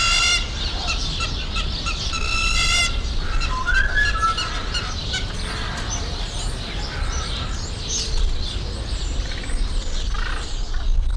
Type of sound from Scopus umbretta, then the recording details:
call. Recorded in captivity. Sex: pair. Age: adult. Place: Zoo Berlin, Berlin, DE. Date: 1993-02-20. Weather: 3 °C, heiter bis wolkig, böiger Wind. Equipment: Marantz CP 430, Sennheiser ME 80, Kopie Uher Variocord 263. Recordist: Tembrock, Günter